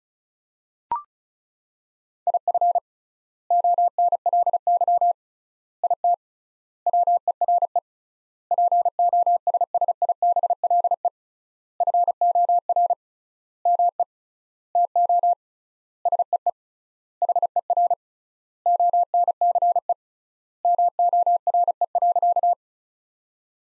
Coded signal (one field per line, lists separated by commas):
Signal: Morse code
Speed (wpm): 34 wpm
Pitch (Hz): 700 Hz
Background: none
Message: IF ONLY IT WERE POSSIBLE FOR ME TO SEE HER ONCE MORE.